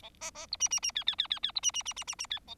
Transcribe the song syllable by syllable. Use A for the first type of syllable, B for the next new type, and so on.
A B B C D D D E E E E E C D D D D D D E A